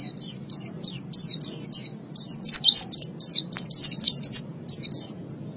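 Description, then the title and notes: White-eye song: an energetic run of high, falling chirps over a soft low hum. "Suara kicauan burung pleci"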